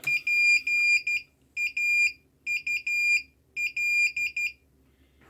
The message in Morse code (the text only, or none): PAUL